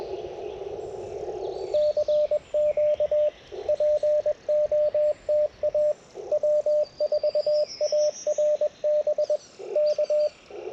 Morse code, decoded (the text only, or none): CQ POTA W4ARB K